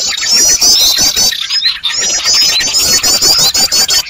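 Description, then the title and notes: Birds give a steady stream of sharp, high chirps and chattering trills, densely overlapping, with one brief lull. Noisy bird chorus used as a lure to attract birds. "Master Burung Ribut. Burung Ribut Pikat"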